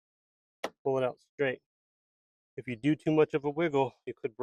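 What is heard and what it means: The second, tighter coax camera cable connector is pulled straight out of a 3D-printed trailer camera adapter housing from a GM Sierra/Silverado trailer camera kit; it is pulled straight because too much wiggling could break it. A loud, sharp pop at 0.6 s marks the connector releasing, and someone talks afterward.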